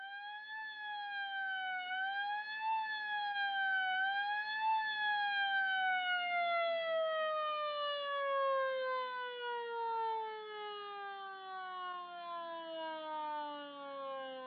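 An ambulance siren, on an ambulance bringing a woman to hospital one evening, wails steadily with rich harmonics, wavering up and down a few times before its pitch slides slowly and continuously lower, staying loud throughout with no voices.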